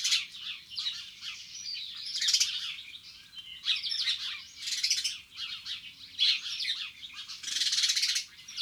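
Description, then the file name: House sparrow chirping, a dense chatter of chirps with several louder bursts. Garden birds. "Moineau domestique"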